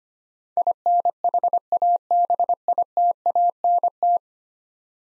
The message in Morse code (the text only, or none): INHABITANT